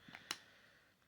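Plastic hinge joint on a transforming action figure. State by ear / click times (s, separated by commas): seated / 0.1 s, 0.3 s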